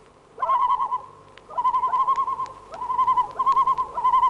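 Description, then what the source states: Loon calling in quavering, laughing tremolos: several bursts of rapid notes separated by short pauses. Excited call notes from both male and female loons interspersed with laughing notes, recorded on a lake in Iceland.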